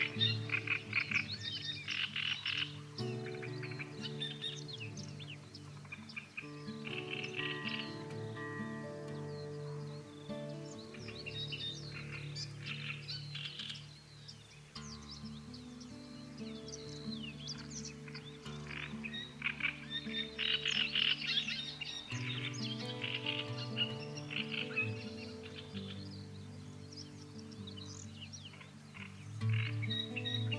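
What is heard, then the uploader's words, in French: Calm, slow music with warm sustained low chords that shift every few seconds runs through the whole clip. Over it, birds chirp and sing almost constantly in bright, quick phrases, with a few croaking calls mixed in, keeping a steady, moderate loudness. La MUSIQUE Calme de la FORÊT et le CHANT DES OISEAUX.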